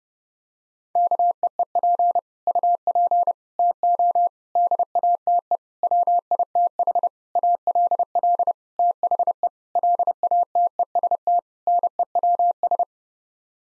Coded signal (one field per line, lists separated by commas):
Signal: Morse code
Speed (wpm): 30 wpm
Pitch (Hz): 700 Hz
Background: none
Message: KEEP UP TO DATE WITH ALL THE LATEST NEWS